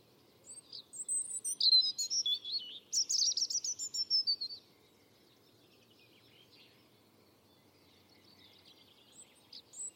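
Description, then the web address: European robin singing a sweet, high, tumbling phrase of fast twittering notes and shimmering trills lasting several seconds, followed by quiet with a few faint notes. "Deverinetal 2025"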